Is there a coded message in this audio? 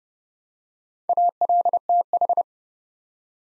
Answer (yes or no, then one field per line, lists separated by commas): yes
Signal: Morse code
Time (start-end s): 1.1-2.4 s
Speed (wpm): 30 wpm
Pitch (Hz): 700 Hz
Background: none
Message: ALTH